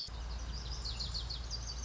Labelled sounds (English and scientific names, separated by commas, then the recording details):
Lazuli Bunting (Passerina amoena)
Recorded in Sonoma County, California